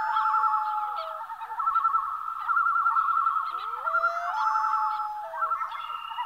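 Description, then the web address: Common loon wavering tremolo calls run on continuously, joined by a few sliding whistled notes, some rising, others falling. "Songs of Birds of North America Western USA Songbirds. Common Loon"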